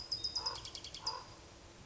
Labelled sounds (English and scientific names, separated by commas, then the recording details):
Common Raven (Corvus corax)
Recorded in Sonoma County, California